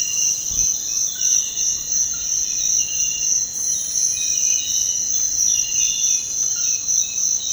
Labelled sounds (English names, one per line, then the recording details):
none
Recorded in dense forest near Puerto Asís, Putumayo, Colombia, on 19 February 2024 at 05:30
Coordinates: 0.472, -76.329
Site G6394